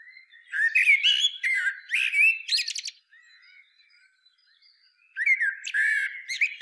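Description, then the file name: Common blackbird with mellow warbled notes run into scratchy high twittering, a quiet gap of about two seconds, then more warbling. "Turdus merula"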